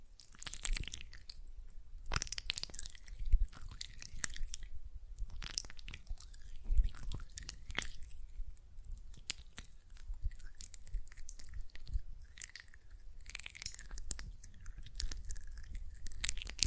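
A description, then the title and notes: Hands work gel lotion, making a steady run of wet squelches, sticky smacks and small crackles. The squishing is dense and irregular, with brighter slippery bursts every second or so. ASMR Gel Lotion Hand Sounds (No Talking).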